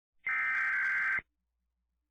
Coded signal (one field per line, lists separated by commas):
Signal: Emergency Alert System (SAME) tones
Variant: header bursts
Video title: Emergency Alert System - Human Minority (S1EP3)